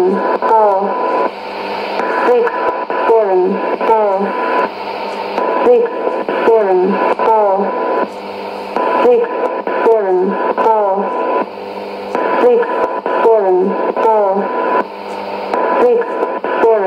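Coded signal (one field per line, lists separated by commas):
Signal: numbers station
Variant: E17z English Lady, English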